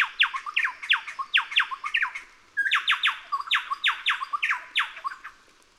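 Chowchilla song: loud, ringing notes sweeping sharply downward, repeated rapidly in two chattering bursts separated by a short pause.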